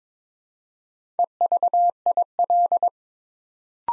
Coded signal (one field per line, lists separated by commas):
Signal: Morse code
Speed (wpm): 21 wpm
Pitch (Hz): 700 Hz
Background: none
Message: EVIL